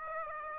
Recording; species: mosquito wingbeat signal from an infrared sensor; Aedes aegypti